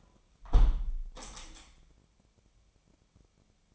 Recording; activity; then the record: daily activity, microphone in the room; close window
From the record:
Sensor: 1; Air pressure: 998.0 hPa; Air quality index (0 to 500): 120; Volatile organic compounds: 3 ppm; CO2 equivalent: 1420 ppm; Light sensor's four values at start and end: 17/57/23/23 and 17/57/23/23